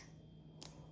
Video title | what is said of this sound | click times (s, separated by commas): Lego UP Dug build part 2 | and then click on top of the pink piece. Like | 0.6 s